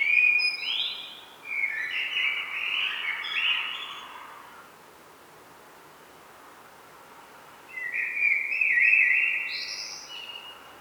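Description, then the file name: Common blackbird song: a rich warbled phrase with a high scratchy flourish, then several seconds of quiet before another fluty phrase that ends in a high squeaky note. "Turdus merula"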